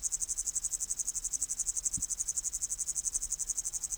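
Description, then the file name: Upland green bush-cricket song: rapid, evenly spaced high buzzy pulses running unbroken throughout. "Tettigonia cantans"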